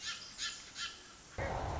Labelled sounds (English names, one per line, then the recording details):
Song Sparrow
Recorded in Sonoma County, California